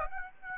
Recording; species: mosquito wingbeat signal from an infrared sensor; Aedes aegypti